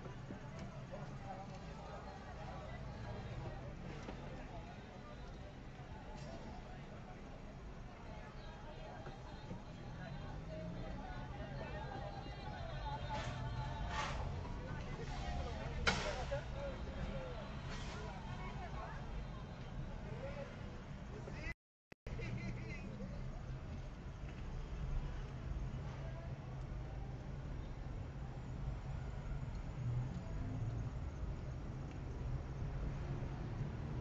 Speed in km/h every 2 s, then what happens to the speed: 0, 4, 4, 3, 4, 6, 7, 5, 7, 7, 4, 6, 9, 9, 9, 10, 10.
0-11 pulls away to 7. 11-34 steady at about 7.